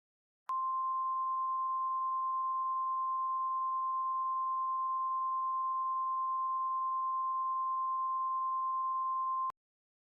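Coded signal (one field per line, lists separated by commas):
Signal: Emergency Alert System (SAME) tones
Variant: 1050 Hz attention tone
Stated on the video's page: EAS recreation of a past tornado event, not a live alert.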